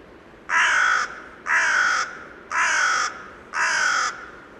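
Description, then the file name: Carrion crow giving four drawn-out, raspy caws at a steady pace of about one per second, background otherwise quiet. "Corvus corone"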